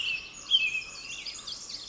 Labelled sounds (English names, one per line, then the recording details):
Pacific Wren
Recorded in Sonoma County, California